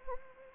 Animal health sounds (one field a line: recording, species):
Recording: mosquito wingbeat signal from an infrared sensor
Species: Anopheles arabiensis